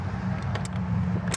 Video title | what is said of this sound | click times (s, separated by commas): 2024 Cimarron Norstar 2 Horse Bumper Pull | So this locks into place right there, and that's going to help prevent that door from blowing shut while you're trying to load horses. | 1.3 s